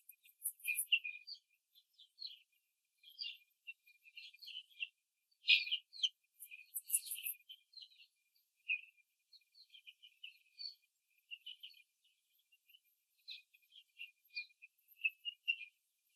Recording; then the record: young laying hens in a cage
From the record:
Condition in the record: after the stressor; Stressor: simulated dog barking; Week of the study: 3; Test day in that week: 1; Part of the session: 2